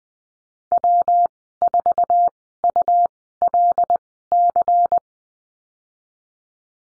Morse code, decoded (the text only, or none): W4ULC